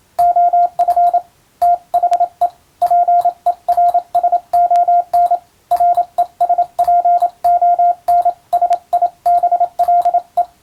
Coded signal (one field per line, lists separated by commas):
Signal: Morse code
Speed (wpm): 27 wpm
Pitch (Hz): 700 Hz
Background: radio noise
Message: OF THE PERSON RESPONSIBLE